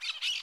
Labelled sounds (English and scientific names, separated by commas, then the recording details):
Brown-throated Parakeet (Eupsittula pertinax) contact call
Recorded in Curacao
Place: along powerline, near entrance of Santa Barbara resort
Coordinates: 12.068, -68.844